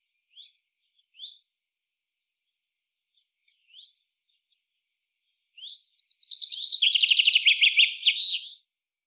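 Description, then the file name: Common chaffinch song: a few soft, isolated chips, then a rattling trill that descends in steps and finishes with a short flourish. "Fringilla coelebs"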